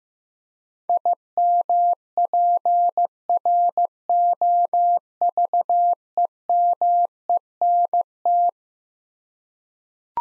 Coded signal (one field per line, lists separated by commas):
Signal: Morse code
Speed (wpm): 15 wpm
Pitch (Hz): 700 Hz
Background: none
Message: IMPROVEMENT